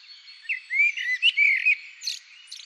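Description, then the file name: Common blackbird song: one short phrase of rich, fluty, slurred whistles that breaks into a scratchy high twitter at the end. "Turdus merula"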